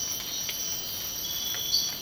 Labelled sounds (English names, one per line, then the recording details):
none
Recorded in dense forest near Puerto Asís, Putumayo, Colombia, on 19 March 2025 at 05:00
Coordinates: 0.500, -76.322
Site GP06